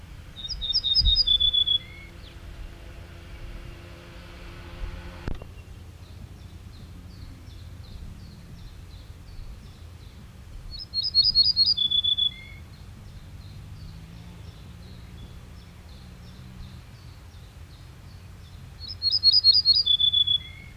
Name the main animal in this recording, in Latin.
Emberiza hortulana